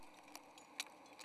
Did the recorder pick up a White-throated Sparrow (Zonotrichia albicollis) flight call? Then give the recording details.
no. No flight call is heard. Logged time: 06:06 on 6 November 2014